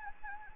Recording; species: mosquito wingbeat signal from an infrared sensor; Anopheles gambiae